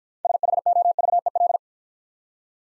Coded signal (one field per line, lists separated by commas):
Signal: Morse code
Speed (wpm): 48 wpm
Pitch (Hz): 700 Hz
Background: none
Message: SHOVEL